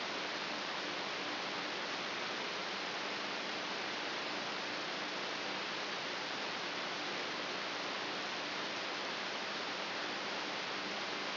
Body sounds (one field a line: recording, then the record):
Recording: brain microelectrode recording played as sound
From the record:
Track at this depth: outside the subthalamic nucleus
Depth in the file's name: 4.821 mm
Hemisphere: left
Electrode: 3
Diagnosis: Parkinson's disease